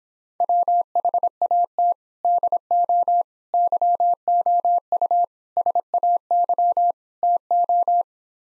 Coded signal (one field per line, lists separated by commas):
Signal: Morse code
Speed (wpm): 26 wpm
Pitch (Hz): 700 Hz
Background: none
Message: WHAT DO YOU SAY TO